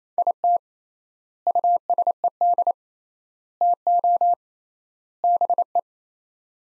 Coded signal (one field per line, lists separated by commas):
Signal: Morse code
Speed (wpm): 28 wpm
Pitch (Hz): 700 Hz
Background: none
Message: IT USED TO BE